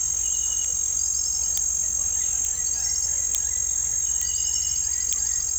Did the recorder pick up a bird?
yes